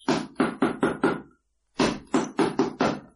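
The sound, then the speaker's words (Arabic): Two bursts of firm knocking on a door, five sharp raps each in a quick, even rhythm, separated by a brief pause, with no voices present. “رايح افتح الباب.”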